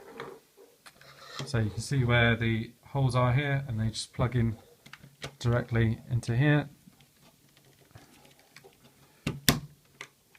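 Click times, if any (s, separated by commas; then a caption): 9.5 s. Someone talks while a plastic combiner-robot leg has its pegs pushed into the holes in the toy robot's torso. The leg seats with a sharp click at 9.5 s, and a few quieter taps follow.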